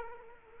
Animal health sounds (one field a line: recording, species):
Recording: mosquito wingbeat signal from an infrared sensor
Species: Culex quinquefasciatus